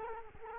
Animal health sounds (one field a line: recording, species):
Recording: mosquito wingbeat signal from an infrared sensor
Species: Culex quinquefasciatus